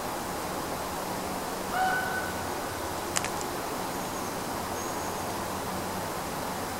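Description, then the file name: Eurasian pygmy owl giving a single short whistled note over steady background hiss, followed by a sharp click. "Sperlingskauz"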